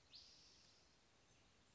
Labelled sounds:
Spotted Towhee
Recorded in Sonoma County, California

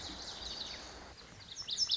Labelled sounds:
Lazuli Bunting
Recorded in Sonoma County, California

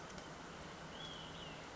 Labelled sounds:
Olive-sided Flycatcher
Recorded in Sonoma County, California

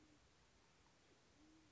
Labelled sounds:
Band-tailed Pigeon
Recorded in Sonoma County, California

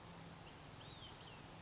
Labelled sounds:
Olive-sided Flycatcher
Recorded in Sonoma County, California

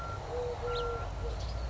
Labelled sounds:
Eurasian Collared Dove
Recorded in Sonoma County, California

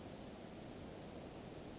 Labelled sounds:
Western Flycatcher
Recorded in Sonoma County, California

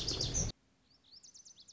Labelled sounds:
Lazuli Bunting
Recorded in Sonoma County, California

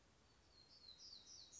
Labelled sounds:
Black-throated Gray Warbler
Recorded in Sonoma County, California

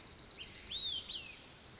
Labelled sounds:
Olive-sided Flycatcher
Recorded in Sonoma County, California

